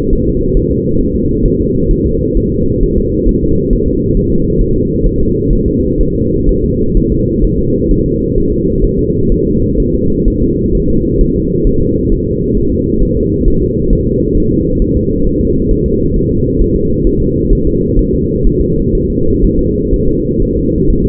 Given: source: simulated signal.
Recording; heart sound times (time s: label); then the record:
fetal heart sounds
0.13 s: S1
0.28 s: S2
0.57 s: S1
0.72 s: S2
1.01 s: S1
1.16 s: S2
1.46 s: S1
1.60 s: S2
1.91 s: S1
2.06 s: S2
2.37 s: S1
2.52 s: S2
2.83 s: S1
2.98 s: S2
3.29 s: S1
3.44 s: S2
3.73 s: S1
3.88 s: S2
4.17 s: S1
4.32 s: S2
4.62 s: S1
4.76 s: S2
5.07 s: S1
5.21 s: S2
5.53 s: S1
5.68 s: S2
6.01 s: S1
6.16 s: S2
6.49 s: S1
6.64 s: S2
6.97 s: S1
7.12 s: S2
7.45 s: S1
7.59 s: S2
7.91 s: S1
8.06 s: S2
8.38 s: S1
8.53 s: S2
8.85 s: S1
8.99 s: S2
9.32 s: S1
9.47 s: S2
9.80 s: S1
9.95 s: S2
10.28 s: S1
10.42 s: S2
10.75 s: S1
10.90 s: S2
11.21 s: S1
11.36 s: S2
11.67 s: S1
11.81 s: S2
12.12 s: S1
12.27 s: S2
12.57 s: S1
12.72 s: S2
13.03 s: S1
13.17 s: S2
13.48 s: S1
13.62 s: S2
13.93 s: S1
14.08 s: S2
14.38 s: S1
14.52 s: S2
14.82 s: S1
14.97 s: S2
15.27 s: S1
15.41 s: S2
15.71 s: S1
15.86 s: S2
16.16 s: S1
16.31 s: S2
16.62 s: S1
16.76 s: S2
17.07 s: S1
17.22 s: S2
17.53 s: S1
17.67 s: S2
17.99 s: S1
18.14 s: S2
18.47 s: S1
18.61 s: S2
18.95 s: S1
19.10 s: S2
19.44 s: S1
19.59 s: S2
19.94 s: S1
20.08 s: S2
20.43 s: S1
20.57 s: S2
20.90 s: S1
21.05 s: S2
From the record:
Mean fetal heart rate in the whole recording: 130 bpm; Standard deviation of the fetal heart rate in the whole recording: 4 bpm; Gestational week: 38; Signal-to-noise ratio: -15.3 dB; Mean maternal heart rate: 72 bpm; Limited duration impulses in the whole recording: present